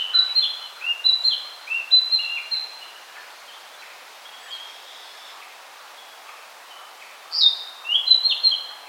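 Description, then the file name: Narcissus flycatcher song: a string of paired whistled notes repeated roughly every second, a long pause, then a renewed bright burst. "Ficedula narcissina"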